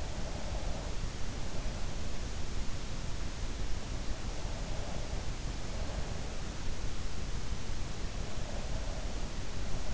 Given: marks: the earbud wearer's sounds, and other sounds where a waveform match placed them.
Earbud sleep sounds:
sounds in sleep by an in-ear microphone; breath
0.00-2.54 s: breath

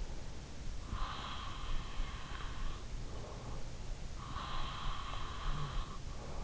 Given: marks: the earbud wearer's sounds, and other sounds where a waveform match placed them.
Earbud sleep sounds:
sounds in sleep by an in-ear microphone; breath
0.02-3.22 s: breath
3.85-6.13 s: breath

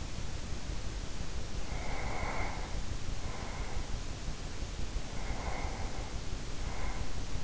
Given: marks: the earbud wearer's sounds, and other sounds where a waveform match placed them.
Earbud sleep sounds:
sounds in sleep by an in-ear microphone; breath
1.44-4.17 s: breath
5.11-7.44 s: breath

